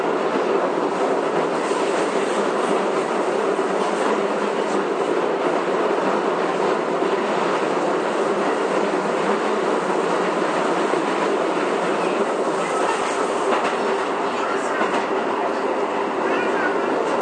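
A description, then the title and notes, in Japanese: A Keio 9000 series train rolls steadily along, a constant dense rumble with rapid rattling texture and brief brighter swells near thirteen seconds. 京王9000系 高尾山口〜つつじヶ丘。快速つつじヶ丘行を録音。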